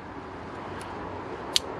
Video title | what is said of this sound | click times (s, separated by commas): Mini One & Cooper, R50 & R52, 1.4 & 1.6 Litre - Alternator Change, Full Removal & Fitment - Pt. 2 | the top again until it clicks and then this end as i was talking about earlier on the hose is um | 1.6 s